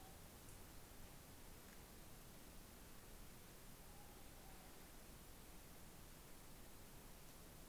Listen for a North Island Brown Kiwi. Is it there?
no